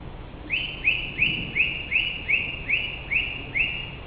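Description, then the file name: Song thrush song: a short whistled note with a quick rising start, repeated about nine times in a steady series roughly every 0.4 seconds. Germany. "Turdus philomelos in Deutschland"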